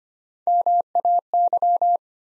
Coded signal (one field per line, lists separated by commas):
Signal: Morse code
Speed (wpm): 25 wpm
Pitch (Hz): 700 Hz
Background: none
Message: MAY